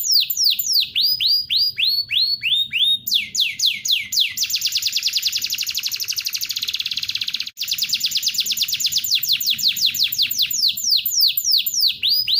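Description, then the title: Canary song with quick falling whistles, then a long rapid rattling trill, a brief break, and further fast sweeping notes to the end. Master recording of a national contest champion canary. "Masteran Kenari Lomba Juara Nasional"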